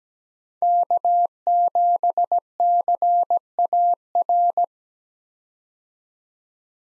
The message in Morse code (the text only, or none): K7CAR